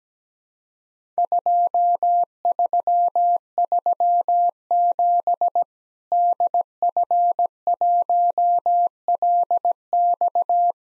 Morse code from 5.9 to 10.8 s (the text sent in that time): DF1LX